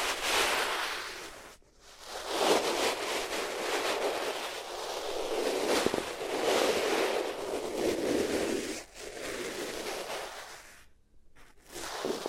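Rubbing against the ears on different materials makes a dense, hissing scrape that swells and fades in long strokes. The rustle is bright and full, rising and falling every couple of seconds, with brief near-silent gaps near 2, 9 and 11 seconds.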